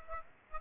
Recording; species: mosquito wingbeat signal from an infrared sensor; Aedes aegypti